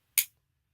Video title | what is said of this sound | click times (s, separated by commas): Top 5 BEST boxcutters | push it down and locks into place so now this is the second notch | 0.2 s